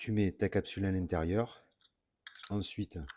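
Someone talks while handling a coffee capsule holder with a capsule placed inside it, about to clip it into a 30-euro portable battery-powered espresso maker. Brief faint handling sounds occur around 2.3 s after a pause in the talking. Nothing has seated or clicked into place yet.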